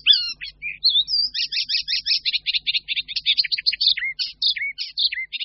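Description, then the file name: Icterine warbler pouring out rapid, strongly repeated chattering notes, ending in a series of sharp falling whistled phrases. "Sedmihlásek hajní"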